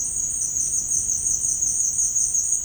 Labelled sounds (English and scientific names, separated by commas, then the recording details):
none
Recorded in dense forest near Puerto Asís, Putumayo, Colombia, on 25 June 2025 at 15:30
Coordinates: 0.481, -76.323
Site G072